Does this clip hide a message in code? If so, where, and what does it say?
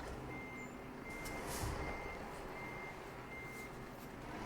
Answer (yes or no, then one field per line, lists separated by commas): no